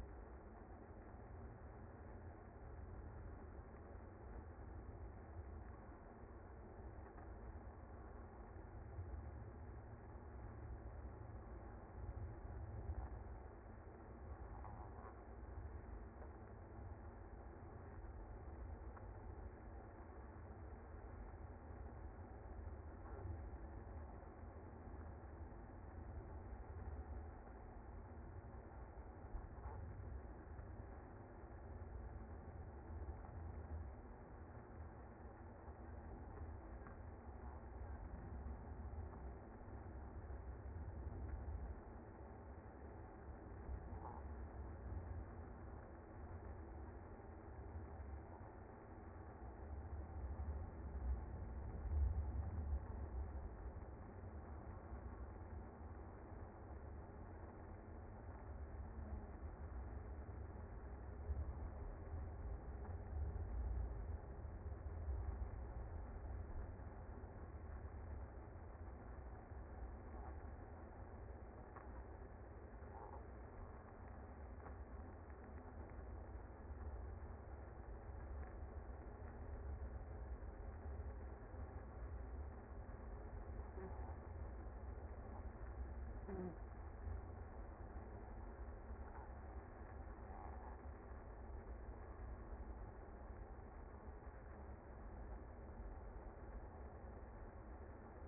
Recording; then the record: honeybee colony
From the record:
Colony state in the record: active